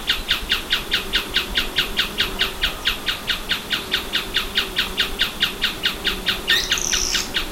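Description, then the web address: Bird calls: short, sharp downward chirps repeated steadily about twice a second, with a brief higher squeaky note near the end. "BIRD 2015 SABIOD"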